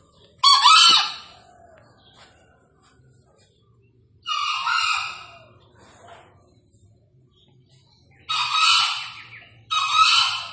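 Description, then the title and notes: Green junglefowl crowing, four harsh rasping bursts over a quiet background, the last two close together. Wild green junglefowl released and calling loudly from atop a tree; recording used as a lure for junglefowl. "Panggilan Ayam Hutan Liar. Keren Sekali Ayam Hutan Hijau Dilepas Bebas n Bunyi Gacor Diatas Pohon. Pemikat Ayam Hutan"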